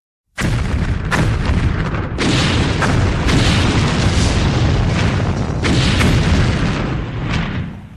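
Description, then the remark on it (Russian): A barrage of heavy explosions from dropped grenades erupts suddenly, several deep booms following one another over a continuous loud rumble before it starts to fade, throwing earth, pieces of benches and cut bushes into the sky. No voices are heard. “Разносятся взрывы. Не один, а сразу несколько. Сухие, глухие, жирные.”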